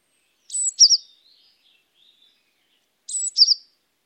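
Great tit calls: two short high-pitched bursts, each a quick scratchy note followed by a brighter double note, about two and a half seconds apart, with otherwise silent surroundings.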